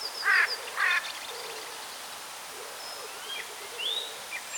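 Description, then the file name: Eurasian jay giving two quick rasping screeches at the start, followed by faint high whistled notes from other birds over a steady background hiss. "Garrulus glandarius"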